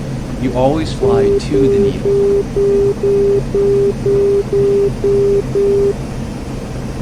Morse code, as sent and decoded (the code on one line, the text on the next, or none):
none